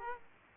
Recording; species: mosquito wingbeat signal from an infrared sensor; Aedes aegypti